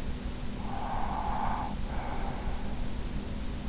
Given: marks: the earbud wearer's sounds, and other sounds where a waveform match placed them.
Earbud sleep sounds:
sounds in sleep by an in-ear microphone; breath
0.16-3.36 s: breath

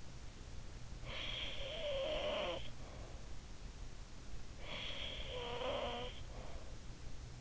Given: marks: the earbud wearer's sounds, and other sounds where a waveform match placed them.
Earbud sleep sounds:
sounds in sleep by an in-ear microphone; snoring breath
0.75-3.26 s: snoring breath
4.13-6.95 s: snoring breath

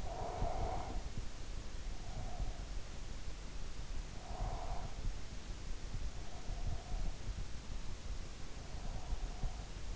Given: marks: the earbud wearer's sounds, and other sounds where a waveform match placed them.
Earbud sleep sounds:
sounds in sleep by an in-ear microphone; breath
0.00-2.63 s: breath
4.16-4.97 s: breath
6.21-7.12 s: breath
8.71-9.65 s: breath

